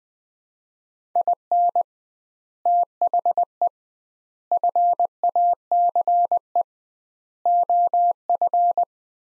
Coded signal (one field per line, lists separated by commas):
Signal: Morse code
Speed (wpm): 21 wpm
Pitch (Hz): 700 Hz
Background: none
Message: IN THE FACE OF